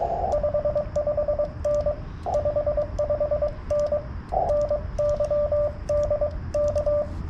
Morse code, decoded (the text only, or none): 55N 55N NYDK